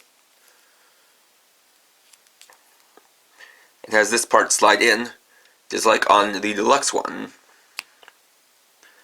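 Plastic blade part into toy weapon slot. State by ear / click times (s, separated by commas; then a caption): seated / 7.8 s. A plastic blade part on a toy weapon is slid into its slot while someone talks, with faint small ticks before the speech. After the talking stops, a single sharp snap at 7.8 s marks the blade locking into place, followed by a few quiet ticks.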